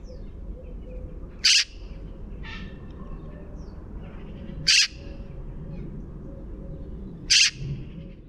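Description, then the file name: Eurasian magpie giving three harsh, rasping chack notes, one roughly every three seconds, over a low steady background hum. "Pica pica"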